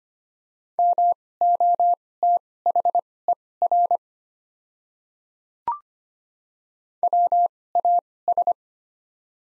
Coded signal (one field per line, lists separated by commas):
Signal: Morse code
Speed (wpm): 25 wpm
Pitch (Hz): 700 Hz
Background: none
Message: MOTHER WAS